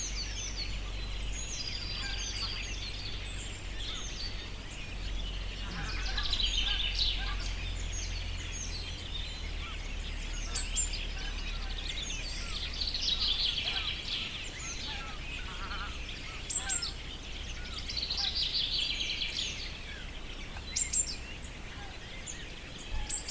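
Birdsong in a spring forest on the shore of Lake Saimaa: many birds chirp and trill at once, a dense, bright chorus that swells around 6–8 and 17–19 seconds. A steady low hum runs underneath throughout, with a few sharp clicks near the end.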